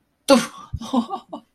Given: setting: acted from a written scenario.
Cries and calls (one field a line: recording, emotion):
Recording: vocal sound without words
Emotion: pain